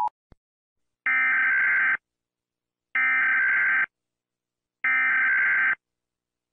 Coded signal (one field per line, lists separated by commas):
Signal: Emergency Alert System (SAME) tones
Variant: header bursts